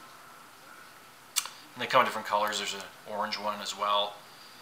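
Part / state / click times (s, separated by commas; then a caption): collapsible spork handle locking into extended position / not seated / none. A collapsible plastic camp spork is handled as its sliding handle parts are extended toward the locked, extended position, with a brief sharp tap near 1.4 s. Someone talks through most of the clip. Nothing has snapped into place or seated yet.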